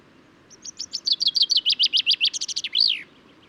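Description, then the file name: Common chaffinch song: a rattling run of bright, descending notes that speeds up and ends in a short, emphatic flourish, all within about two and a half seconds. Male singing; recorded in Důl Bílého Labe, Czech Republic, on 22 May 2018. "cchaffin-coelebs-1-M-S cz dul-bileho-labe"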